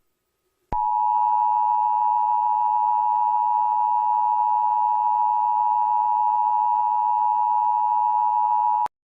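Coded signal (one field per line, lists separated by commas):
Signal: Emergency Alert System (SAME) tones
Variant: 853 and 960 Hz attention tone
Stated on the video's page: Fictional analog-horror EAS scenario, a simulated alert.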